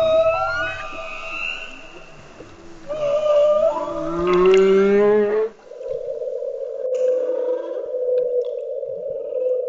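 Whale song of rising harmonic sweeps and wavering tones, then a steady, buzzy droning tone.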